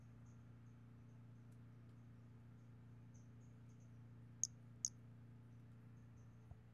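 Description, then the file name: Brachycephalus albolineatus calls: short high tonal peeps at irregular intervals over a steady low hum, with two sharp clicks in the second half. Recorded 5 February 2016. "Brachycephalus albolineatus 160205"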